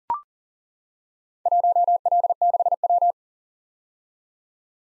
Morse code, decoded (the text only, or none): 1L6W